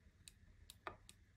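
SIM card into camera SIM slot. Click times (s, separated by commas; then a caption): 0.9 s. A SIM card, chip facing down, is pushed gently into the spring-loaded SIM slot of a solar-charging 4G Full HD 10X surveillance camera. Faint light ticks sound at about 0.3, 0.7 and 1.1 s, and a louder, fuller click at 0.9 s marks the card latching into place, seated.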